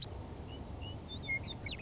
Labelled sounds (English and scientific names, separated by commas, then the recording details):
Western Meadowlark (Sturnella neglecta)
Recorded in Sonoma County, California